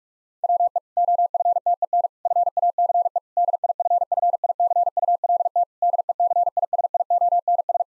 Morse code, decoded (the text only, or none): WE OFTEN FACE DIFFICULT DECISIONS